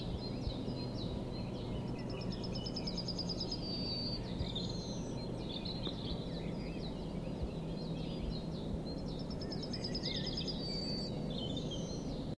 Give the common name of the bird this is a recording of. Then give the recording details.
Yellowhammer. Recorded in the wild. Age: adult. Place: Villach, Kärnten, AT. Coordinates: 46.591, 13.824. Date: 1972-04-29. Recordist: Brunner, Thomas